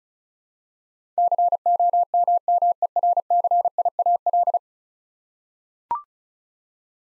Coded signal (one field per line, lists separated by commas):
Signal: Morse code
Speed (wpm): 36 wpm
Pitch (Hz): 700 Hz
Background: none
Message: COMMERCIAL